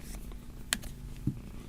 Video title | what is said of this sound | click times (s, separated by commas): Samsung Galaxy S10 Plus - Spigen Case Lineup | this kickstand does snap into place you get that little snap | 0.7 s